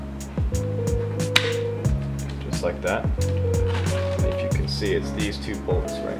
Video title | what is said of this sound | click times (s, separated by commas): Toyota 4Runner LED Install - 5th Gen (2014+) @PrecisionLED | And just make sure that it clicks into place. Just like | 1.4 s